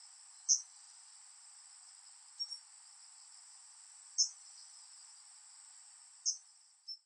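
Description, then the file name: Kamchatka leaf warbler giving sharp, high call notes about every two seconds, with a last note soon after, over a steady, shrill insect drone. Recorded at Nagasaki, Japan, on 22 September 2016. "komushikui 160922 nagasaki yoshigai"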